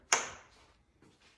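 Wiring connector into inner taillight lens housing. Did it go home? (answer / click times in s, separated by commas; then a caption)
yes / 0.1 s. A plastic electrical connector is pushed into the inner taillight lens housing of a 2010–2015 Lexus RX350 / RX450h and clicks in at 0.1 s with one sharp, bright snap. The snap's ring fades over about half a second, and a faint softer knock follows near 1.0 s. The connector is seated.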